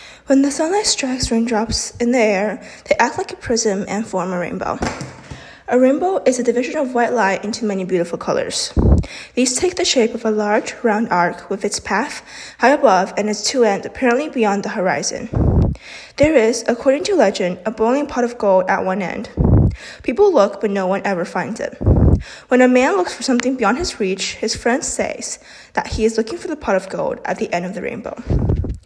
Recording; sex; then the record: reading aloud after running; female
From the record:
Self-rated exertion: moderate exertion (3 of 6); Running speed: 5 miles an hour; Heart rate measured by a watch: 154 beats a minute at the start, 146 at the end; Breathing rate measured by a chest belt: 21 breaths a minute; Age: 18 years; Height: 171 cm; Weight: 75 kg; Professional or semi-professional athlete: no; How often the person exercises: 1 to 2 times a week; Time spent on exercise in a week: under 1 hour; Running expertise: no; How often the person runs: 1 to 2 times a week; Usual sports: running, fencing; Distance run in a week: 3 km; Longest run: 21.3 km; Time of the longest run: 190 minutes